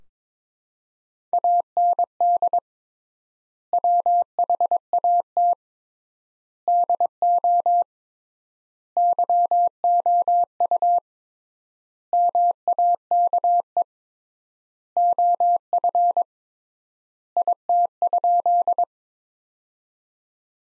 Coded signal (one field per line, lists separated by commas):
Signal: Morse code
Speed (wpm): 22 wpm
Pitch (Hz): 700 Hz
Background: none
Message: AND WHAT DO YOU MAKE OF IT?